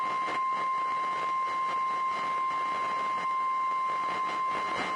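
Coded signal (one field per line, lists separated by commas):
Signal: Emergency Alert System (SAME) tones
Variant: 1050 Hz attention tone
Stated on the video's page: Weekly weather radio tests.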